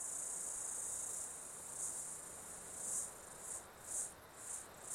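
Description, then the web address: Insects in a high shrill drone that soon breaks into several separate swelling pulses. Insect ambience in an Australian summer, outdoors. "Foundation 1 AMBIENCE AUSTRALIAN SUMMER INSECTS"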